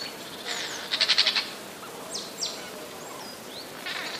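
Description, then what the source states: Eurasian jay giving a short grating, pulsed screech, with brief high whistled notes before and after. Alarm call recorded on 27 January 2013.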